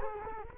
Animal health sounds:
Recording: mosquito wingbeat signal from an infrared sensor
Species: Culex quinquefasciatus

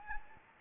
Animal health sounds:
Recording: mosquito wingbeat signal from an infrared sensor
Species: Anopheles gambiae

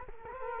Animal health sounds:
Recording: mosquito wingbeat signal from an infrared sensor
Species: Culex quinquefasciatus

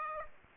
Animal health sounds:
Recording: mosquito wingbeat signal from an infrared sensor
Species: Aedes aegypti

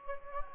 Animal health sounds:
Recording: mosquito wingbeat signal from an infrared sensor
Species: Anopheles gambiae

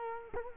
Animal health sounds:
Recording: mosquito wingbeat signal from an infrared sensor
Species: Culex quinquefasciatus

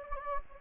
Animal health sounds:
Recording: mosquito wingbeat signal from an infrared sensor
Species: Anopheles gambiae

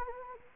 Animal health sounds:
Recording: mosquito wingbeat signal from an infrared sensor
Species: Anopheles gambiae

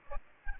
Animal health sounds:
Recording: mosquito wingbeat signal from an infrared sensor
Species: Aedes aegypti

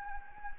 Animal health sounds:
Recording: mosquito wingbeat signal from an infrared sensor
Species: Anopheles gambiae

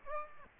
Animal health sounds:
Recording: mosquito wingbeat signal from an infrared sensor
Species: Aedes aegypti

